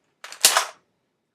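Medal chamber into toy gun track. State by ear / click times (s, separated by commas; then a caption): seated / 0.4 s. A plastic medal chamber is lined up on the track of a Kamen Rider OOO DX Birth Buster toy gun and pushed on, making a short scraping rattle from about 0.2 s with a small tick at 0.3 s. A sharp, loud click at 0.5 s rings into a brief rattling decay that fades by about 0.8 s as the chamber seats into place.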